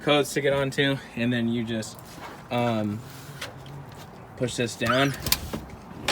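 In a camper van interior, a fold-away panel or cover is pushed down toward its housing while someone talks, with a brief sharp sound near 3.4 seconds and faint handling noises. Nothing has seated or latched into place yet by the end of the clip.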